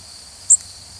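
Connecticut warbler call: a single very high, brief note lasting a fraction of a second, standing alone against faint background hiss.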